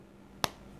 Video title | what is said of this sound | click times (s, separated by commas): Fountain Pen. The real reason why | See that? It snaps. | 0.4 s